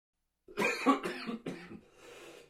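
Three quick, forceful cough bursts from an adult man, the first loudest, followed by a soft breathy exhale. A plain, fairly dry-sounding cough with no wheeze or rattling between the bursts.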